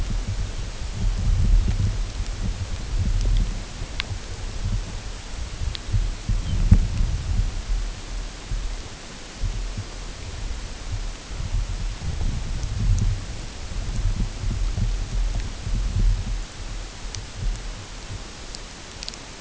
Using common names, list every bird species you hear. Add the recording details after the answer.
Lapland Longspur. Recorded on Arctic tundra, site UTQI-8, on 16 June 2019. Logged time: 00:00